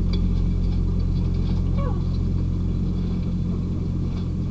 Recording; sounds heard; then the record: poultry house recording; sick chickens (respiratory disease)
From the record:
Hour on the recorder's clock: 2